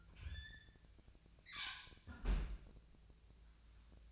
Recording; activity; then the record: daily activity, microphone in the room; close fridge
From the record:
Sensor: 2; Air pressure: 1009.5 hPa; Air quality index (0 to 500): 185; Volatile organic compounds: 11 ppm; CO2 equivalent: 2311 ppm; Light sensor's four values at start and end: 23/57/25/27 and 24/58/25/27